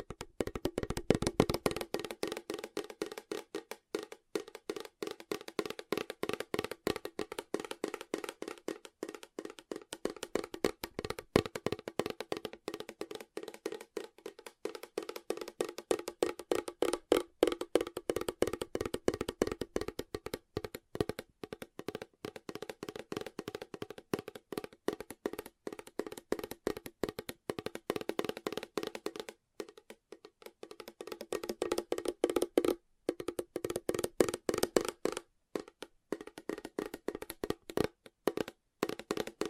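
Fast tapping runs almost without pause for the whole forty seconds, a dense, quick train of crisp clicks with a hollow, mid-pitched ring. The rhythm is steady but uneven in force, with brief thinning around 33 seconds before the taps resume.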